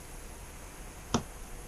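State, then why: Torque reached. A torque wrench set to its torque value is pulled on the next connecting rod cap bolt of a 2009 ZX-10R engine during piston installation. Over a quiet, steady background, a single short, sharp click sounds at 1.1 s as the wrench reaches its setting.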